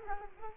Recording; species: mosquito wingbeat signal from an infrared sensor; Culex quinquefasciatus